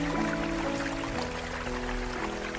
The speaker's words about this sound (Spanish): Con la mano derecha lo llenamos del agua que cae de los grifos y echamos un poco de agua por la mano izquierda. Seguidamente repetimos lo mismo con la mano contraria.